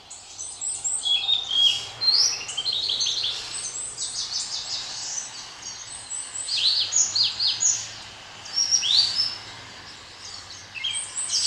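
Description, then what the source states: Blue-and-white flycatcher song: several bright, high whistled phrases over a faint constant low hum. Recorded 9 May 2020.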